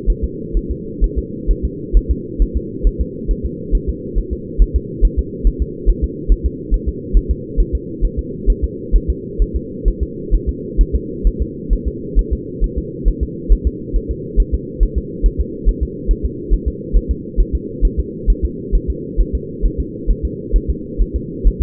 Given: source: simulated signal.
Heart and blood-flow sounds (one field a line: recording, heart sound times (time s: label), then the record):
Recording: fetal heart sounds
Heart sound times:
0.10 s: S1
0.24 s: S2
0.57 s: S1
0.71 s: S2
1.04 s: S1
1.18 s: S2
1.51 s: S1
1.65 s: S2
1.97 s: S1
2.11 s: S2
2.42 s: S1
2.57 s: S2
2.87 s: S1
3.01 s: S2
3.31 s: S1
3.46 s: S2
3.75 s: S1
3.89 s: S2
4.19 s: S1
4.33 s: S2
4.62 s: S1
4.76 s: S2
5.05 s: S1
5.19 s: S2
5.47 s: S1
5.62 s: S2
5.90 s: S1
6.04 s: S2
6.32 s: S1
6.46 s: S2
6.74 s: S1
6.89 s: S2
7.17 s: S1
7.31 s: S2
7.60 s: S1
7.75 s: S2
8.05 s: S1
8.19 s: S2
8.50 s: S1
8.64 s: S2
8.96 s: S1
9.10 s: S2
9.42 s: S1
9.56 s: S2
9.88 s: S1
10.03 s: S2
10.35 s: S1
10.49 s: S2
10.81 s: S1
10.95 s: S2
11.27 s: S1
11.42 s: S2
11.73 s: S1
11.88 s: S2
12.19 s: S1
12.33 s: S2
12.64 s: S1
12.78 s: S2
13.08 s: S1
13.23 s: S2
13.53 s: S1
13.67 s: S2
13.96 s: S1
14.11 s: S2
14.40 s: S1
14.54 s: S2
14.83 s: S1
14.98 s: S2
15.26 s: S1
15.41 s: S2
15.69 s: S1
15.83 s: S2
16.11 s: S1
16.26 s: S2
16.54 s: S1
16.68 s: S2
16.97 s: S1
17.11 s: S2
17.40 s: S1
17.55 s: S2
17.85 s: S1
18.00 s: S2
18.30 s: S1
18.45 s: S2
18.75 s: S1
18.90 s: S2
19.21 s: S1
19.35 s: S2
19.66 s: S1
19.80 s: S2
20.11 s: S1
20.25 s: S2
20.56 s: S1
20.70 s: S2
21.02 s: S1
21.16 s: S2
21.48 s: S1
21.62 s: S2
From the record:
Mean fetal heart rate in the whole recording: 135 bpm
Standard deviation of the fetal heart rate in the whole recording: 3 bpm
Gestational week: 36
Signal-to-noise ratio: -4.1 dB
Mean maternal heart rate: no maternal heart sound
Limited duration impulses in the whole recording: absent